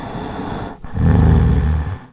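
A single loud, low-pitched, rumbling snore from an adult.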